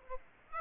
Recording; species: mosquito wingbeat signal from an infrared sensor; Aedes aegypti